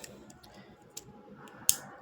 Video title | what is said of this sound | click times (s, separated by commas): Alter chronos beyblade unboxing review 🔥🔥#beyblade #beynovaX#takaratomy #unboxing #review | ஒரு click sound கேட்டுச்சா | 1.7 s